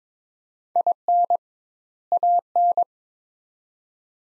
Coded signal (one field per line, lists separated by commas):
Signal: Morse code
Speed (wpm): 22 wpm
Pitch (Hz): 700 Hz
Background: none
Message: IN AN